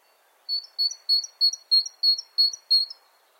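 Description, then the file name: Great tit singing a clear, high two-note phrase, repeated about eight times in a steady, rapid rhythm with a quiet background. "Parus major"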